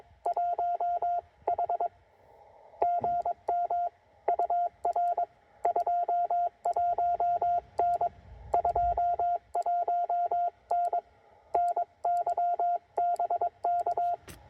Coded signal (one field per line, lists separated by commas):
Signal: Morse code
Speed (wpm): 22 wpm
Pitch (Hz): 700 Hz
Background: none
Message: 1 H GM UR 21N 21N NY BK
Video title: TR-45L take two: CW POTA at Chenango Valley State Park